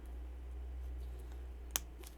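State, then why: Seated. A hinged clasp on a metal bangle bracelet is clipped shut after hoop fittings are threaded on, giving one sharp click at 1.8 s over a steady low hum. The clasp seats firmly and is stiff so it won't come undone.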